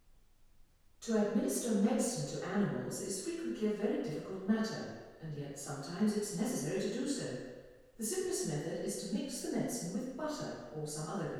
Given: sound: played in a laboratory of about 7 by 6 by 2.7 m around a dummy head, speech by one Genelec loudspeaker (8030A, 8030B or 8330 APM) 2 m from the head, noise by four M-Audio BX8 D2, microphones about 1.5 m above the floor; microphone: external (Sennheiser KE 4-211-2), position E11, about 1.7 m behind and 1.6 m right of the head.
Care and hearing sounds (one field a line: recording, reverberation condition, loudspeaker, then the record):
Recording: female speech in English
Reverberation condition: high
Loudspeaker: 30 degrees to the right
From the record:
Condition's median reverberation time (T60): about 1300 ms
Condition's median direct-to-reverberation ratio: about -4.0 dB